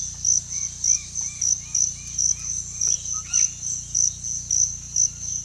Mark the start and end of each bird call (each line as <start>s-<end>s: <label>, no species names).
0.13s-2.79s: bird call
3.17s-3.49s: bird call